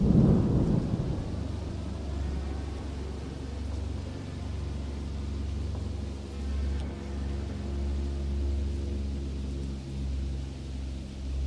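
A deep rumble of thunder opens with a strong burst, then rolls on low and steady beneath a constant hiss of falling rain during a thunderstorm at a roadside thicket, with no voices.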